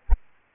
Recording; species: mosquito wingbeat signal from an infrared sensor; Aedes albopictus